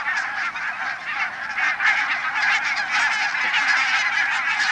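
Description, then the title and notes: Barnacle goose flock calling noisily, many short barking calls tumbling over one another in a constant chorus. Over 1000 barnacle geese joining a larger flock on a field at Saastna, Matsalu, Estonia; spring, 2 May 1992, 7:00. "Ilkka Heiskanen Linnukevad Matsalus - Matsalun Lintukevät OÜ Looduskiri SAASTNA Üle 1000 valgepõsk-lagle (Branta leucopsis) liitub suurema parvega põllul. 2.5.1992 kl 7"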